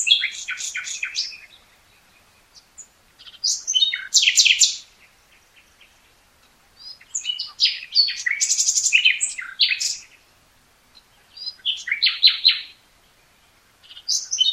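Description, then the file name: Common nightingale singing varied phrases separated by short pauses: harsh chatters, fast buzzy trills and high piercing whistles. "Luscinia megarhynchos"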